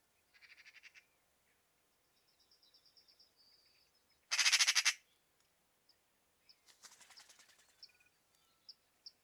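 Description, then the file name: Eurasian magpie giving one loud, harsh chatter burst, with quieter rattling notes and thin high chirps before and after. "Pica pica"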